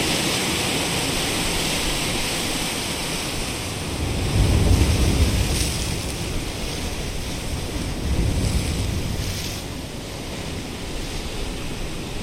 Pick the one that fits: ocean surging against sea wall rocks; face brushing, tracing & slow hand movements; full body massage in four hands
ocean surging against sea wall rocks